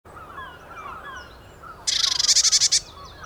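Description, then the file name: Eurasian blue tit making one loud, buzzy churr of quick rattling pulses, with faint, lower chirping in the background. "Cyanistes caeruleus"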